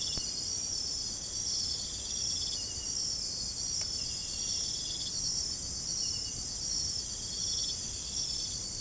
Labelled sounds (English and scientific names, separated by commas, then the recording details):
none
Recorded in secondary vegetation near Puerto Asís, Putumayo, Colombia, on 22 December 2024 at 01:00
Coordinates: 0.468, -76.324
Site G095